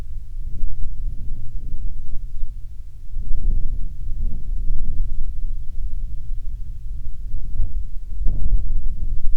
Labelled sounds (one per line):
bird
wind